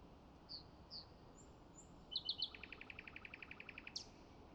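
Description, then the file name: Common nightingale song with two soft high whistles, followed by loud chirps and a rapid evenly repeated chain of notes ending on a sharp high note; quiet hiss behind. "Luscinia megarhynchos"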